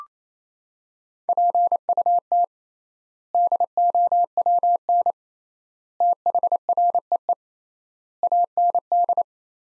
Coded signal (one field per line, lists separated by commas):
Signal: Morse code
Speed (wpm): 28 wpm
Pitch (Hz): 700 Hz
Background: none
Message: PUT DOWN THREE AND